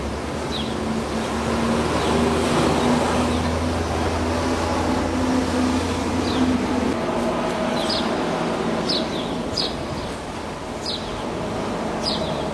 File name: Canto do andorinhao do buriti